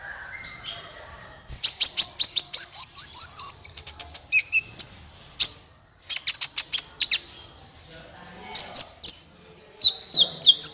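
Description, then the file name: Van Hasselt's Sunbird song: a fast volley of high clicking chips, then scattered sharp downslurred whistles and twitters, in loose phrases. "suara kolibri ninja"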